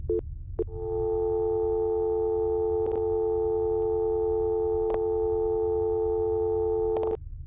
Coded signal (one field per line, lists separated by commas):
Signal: telephone call progress tone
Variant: North America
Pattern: dial tone